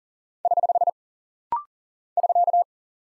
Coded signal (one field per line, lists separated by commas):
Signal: Morse code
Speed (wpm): 40 wpm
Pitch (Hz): 700 Hz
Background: none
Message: <HH> <SK>